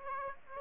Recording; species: mosquito wingbeat signal from an infrared sensor; Aedes aegypti